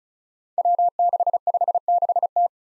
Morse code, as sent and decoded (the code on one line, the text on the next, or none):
.-- -.... ..... -.... -
W656T